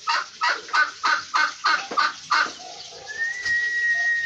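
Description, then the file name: Turkey voicing eight harsh, rhythmic calls at a quick, even pace, followed by a long thin steady whistle. "canto do peru"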